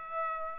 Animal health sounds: mosquito wingbeat signal from an infrared sensor; Aedes aegypti

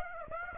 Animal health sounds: mosquito wingbeat signal from an infrared sensor; Aedes aegypti

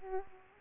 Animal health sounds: mosquito wingbeat signal from an infrared sensor; Aedes aegypti

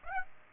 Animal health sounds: mosquito wingbeat signal from an infrared sensor; Aedes aegypti

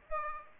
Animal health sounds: mosquito wingbeat signal from an infrared sensor; Aedes aegypti

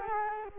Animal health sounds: mosquito wingbeat signal from an infrared sensor; Culex quinquefasciatus

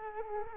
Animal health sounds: mosquito wingbeat signal from an infrared sensor; Culex quinquefasciatus

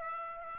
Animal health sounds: mosquito wingbeat signal from an infrared sensor; Aedes aegypti

